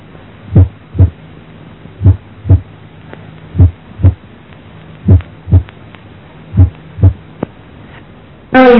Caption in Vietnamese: Phân ly nhĩ thất, làm cho nhĩ và thất co không đồng bộ nên cường độ tiếng thứ nhất rất khác nhau.